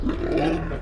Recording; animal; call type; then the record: contact call of a hoofed animal; wild boar; grunt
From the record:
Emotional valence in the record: negative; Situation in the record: naturally occurring agonistic interactions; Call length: 0.82 s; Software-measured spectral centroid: 1310 Hz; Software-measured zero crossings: 860 a second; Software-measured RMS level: -24 dBFS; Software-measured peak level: -10 dBFS